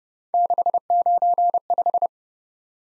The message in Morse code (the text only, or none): 695